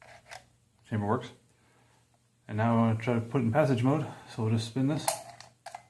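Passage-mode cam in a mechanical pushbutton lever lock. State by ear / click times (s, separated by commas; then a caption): seated / 5.4 s, 5.8 s. Someone talks while the passage-mode cam of a Simplex Kaba Ilco mechanical pushbutton lever lock, being converted from an (L) 1021 to an (L) 1041, is spun to switch it into passage mode. Short clicks are heard at 5.4 s and 5.75 s as the mechanism engages in passage mode.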